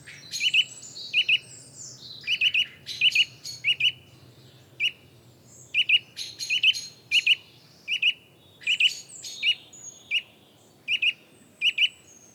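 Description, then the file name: Eurasian nuthatch calling with sharp, ringing paired notes at an uneven pace, while softer chirps and twitters from other small birds fill the gaps. "Sitta europaea"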